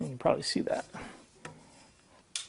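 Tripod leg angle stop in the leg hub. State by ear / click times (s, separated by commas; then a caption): seated / 2.4 s. Someone talks while moving the aluminum leg of a 2022 K&F Concept TM2324 tripod to its next angle detent, with a fainter tick near 1.5 s. The angle stop in the leg hub gives a sharp click at 2.4 s as it seats in the next position.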